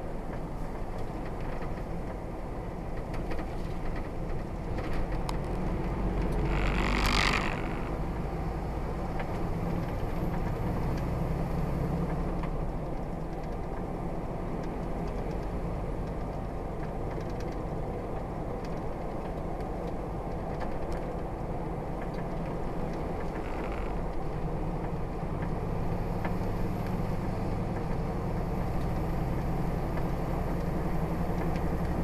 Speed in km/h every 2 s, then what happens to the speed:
31, 29, 32, 37, 42, 42, 42, 44, 45, 45, 40, 39, 40, 42, 44, 45.
2-8 speeds up to 42. 8-17 steady at about 42. 17-23 slows to 39. 23-32 speeds up to 45.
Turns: none.